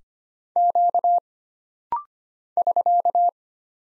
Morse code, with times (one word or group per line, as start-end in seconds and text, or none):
0.6-1.2 Q
2.6-3.3 <SK>